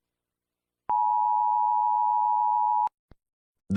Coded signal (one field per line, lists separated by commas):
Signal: Emergency Alert System (SAME) tones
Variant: 853 and 960 Hz attention tone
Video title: EAS Short Scenario 13 - The Garden Goes Decay